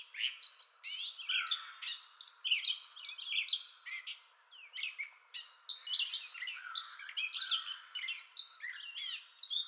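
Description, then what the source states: Gray catbird singing nonstop, a hurried medley of squeaky, scratchy and mewing phrases, each different from the last, with no clear repeating pattern. Entire song bout recorded 2021-05-30.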